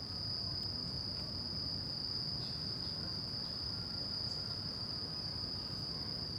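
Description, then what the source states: Crickets trilling in a steady high continuous band, with a faint low rumble of traffic and scattered clicks underneath. Crickets at night in Shinjuku Gyoen Park, Shinjuku, Tokyo, Japan; recorded with DPA 4060 AB microphones on a Deity PR-2.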